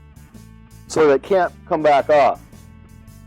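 With the leverage bar held in position, a metal safety clip is being pushed into the hook-up clip on the spring bar of a trailer weight distribution hitch so the bar cannot come back off. Someone talks over a low, steady background hum. No click is heard; the clip has not seated yet.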